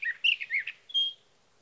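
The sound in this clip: Sage thrasher song fragment, a few fast warbled notes followed by a single clear sustained whistle, with faint background hiss.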